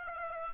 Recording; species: mosquito wingbeat signal from an infrared sensor; Aedes aegypti